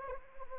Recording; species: mosquito wingbeat signal from an infrared sensor; Anopheles arabiensis